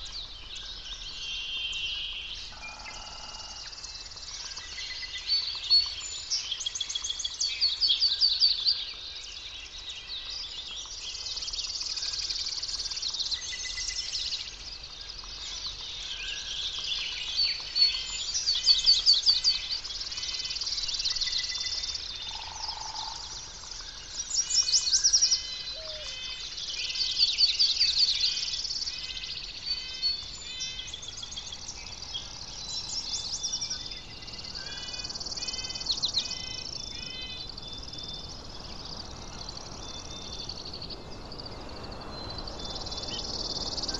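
A natural soundscape filled with a dense, steady chorus of high, buzzing insects and chirping birds that swells and eases every few seconds. A couple of lower, short calls break through near the start and again around the middle, over a soft low rumble.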